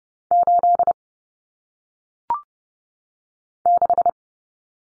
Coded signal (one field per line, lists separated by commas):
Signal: Morse code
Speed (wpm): 30 wpm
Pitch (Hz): 700 Hz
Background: none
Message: 8 6